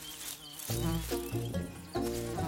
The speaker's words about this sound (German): Unglaublich, wie viele Maikäfer in diesem Jahr rumschwirren. So viele, dass die Büsche ganz schwarz sind. Eine echte Plage.